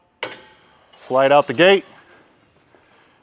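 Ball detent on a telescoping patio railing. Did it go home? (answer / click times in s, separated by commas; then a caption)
released / 0.2 s. On a 2024 Brinkley Model G, the spring-loaded metal ball detent on the telescoping patio railing is pressed with a loud, sharp metallic click at 0.2 s, releasing the gate section so it can slide out further. Someone then talks briefly.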